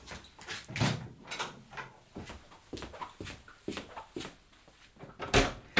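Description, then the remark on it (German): A door is opened with a run of rattling clicks and knocks from the latch and handle, irregular and moderately loud, ending in a sharper thump as it swings free. “Ja, wie wär's, wenn du auf alle Fälle erstmal die Tür öffnest”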